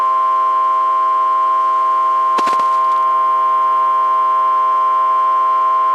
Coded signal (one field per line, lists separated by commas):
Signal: Emergency Alert System (SAME) tones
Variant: 1050 Hz attention tone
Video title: Severe Thunderstorm Warning (4/21/26) [EAS #401]